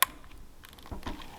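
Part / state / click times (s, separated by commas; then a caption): wiring harness connector on ignition coil pack / released / 0.0 s. On a 2013 Honda CR-V, the release tab on the plastic wiring harness connector of an ignition coil pack is pressed to unplug it during a spark plug replacement. A sharp, loud click at 0.0 s shows the connector releasing, followed by faint light ticks and a few soft low thuds as it is handled.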